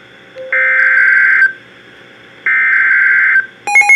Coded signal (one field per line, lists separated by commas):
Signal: Emergency Alert System (SAME) tones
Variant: header bursts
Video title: Severe Thunderstorm Warning (NWR EAS Alert #1,740-1,742)